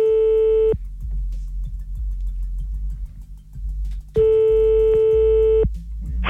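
Two long electronic telephone ringback tones while placing a call, each a steady buzzing pitch lasting under a second to about a second and a half, separated by a few seconds of low rumbling line noise.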